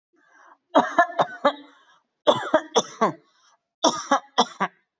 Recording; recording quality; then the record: heavy voluntary cough; excellent, no background noise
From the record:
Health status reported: recovered from COVID-19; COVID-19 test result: positive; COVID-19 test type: RT-PCR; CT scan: taken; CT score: 0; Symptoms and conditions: fatigue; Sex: female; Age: 55 years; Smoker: no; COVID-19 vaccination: both doses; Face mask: not worn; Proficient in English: yes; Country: India